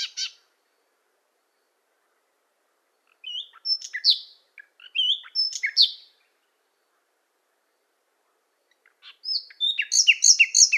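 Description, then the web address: Common nightingale song with scattered whistled and chirping notes, then a dense burst of fast repeated high notes near the end, separated by clear pauses. "Schulze Peter Common Nightingale song"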